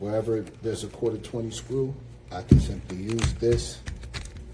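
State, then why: Not seated. Someone talks while handling a metal SmallRig Universal Quick Release Mount Plate Kit HawkLoc camera quick release plate near its quick release clamp, with faint handling ticks toward the end. The plate is not yet home in the clamp, and nothing has seated or clicked yet.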